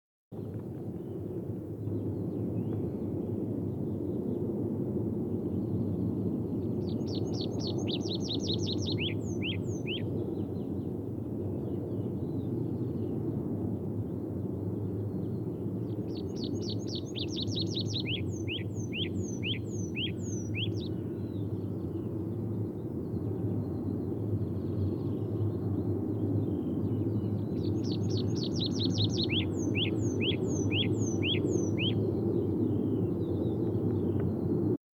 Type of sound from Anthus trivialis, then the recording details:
song. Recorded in the wild. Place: Irkutsk, RU. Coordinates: 52.285, 104.289. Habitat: Forest. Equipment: Nagra III BH, Sennheiser MD 21, parabola. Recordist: Schubert, Michael. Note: Fluggesang Baumpieper